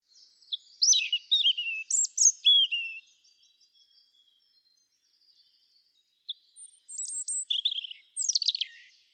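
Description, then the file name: European robin giving a rapid, tumbling phrase of sharp high notes and descending slurs, then a silent gap before a second phrase of thin whistles and a trill. "Erithacus rubecula"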